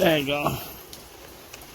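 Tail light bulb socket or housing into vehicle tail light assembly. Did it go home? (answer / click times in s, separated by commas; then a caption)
yes / 0.9 s, 1.5 s. Someone talks briefly while refitting the plastic bulb socket or lamp housing into the tail light assembly of a 2007 Toyota FJ Cruiser during a tail light bulb replacement. After the talking, two short, sharp plastic snaps sound at 0.9 s and 1.5 s over quiet background noise, and the part is seated.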